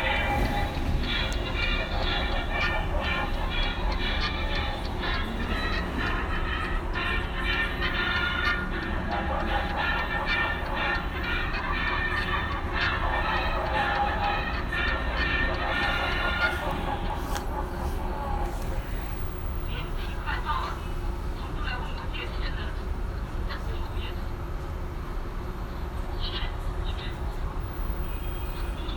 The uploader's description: a field recording of a visit to experience the sound piece 'Window Pain' by Colin Siyuan Chinnery, installed at Tattoo Parlour space in Beijing